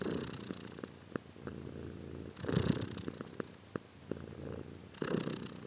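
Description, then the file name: Domestic cat purring softly, a faint low rumble with a few louder breathy surges and scattered light clicks. "arseniiv cat-again"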